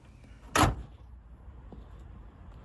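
On a Mercedes S-Class (W220) fitted with new hood struts, the engine hood is pushed fully shut from its intermediate lock position and catches in its hood latch. A loud, broadband slam hits at 0.6 s and dies away within about a quarter second, with only a faint tick at 1.7 s over quiet background afterward. The hood latch catches and the hood is closed.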